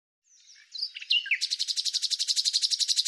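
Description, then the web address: Bird song: a few thin twittering notes, then a fast, even trill of high buzzy notes repeated several times a second, on a silent background. "Deverinetal 2025"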